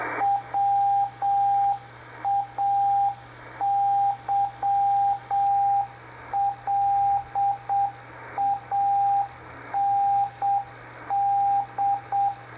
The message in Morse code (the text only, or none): WAYLAND